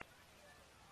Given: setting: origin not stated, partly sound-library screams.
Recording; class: one-second piece from a danger detection set; normal situation